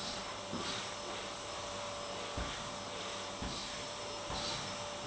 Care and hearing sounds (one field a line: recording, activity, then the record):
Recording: daily activity, microphone in the room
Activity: vacuum cleaning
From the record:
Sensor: 3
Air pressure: 1011.9 hPa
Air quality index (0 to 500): 236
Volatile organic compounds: 5 ppm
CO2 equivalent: 1750 ppm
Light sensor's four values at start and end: 9/22/9/9 and 9/22/9/8